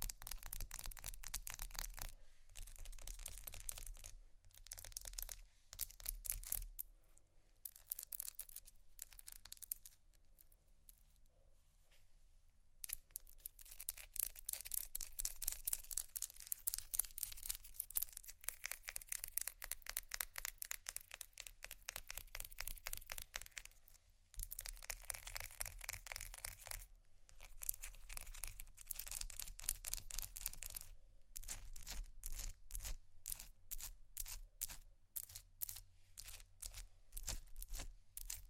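Fast, dense tapping and scratching on ice, a continuous crackling rattle broken by brief silences around 2, 6, 24 and 31 seconds.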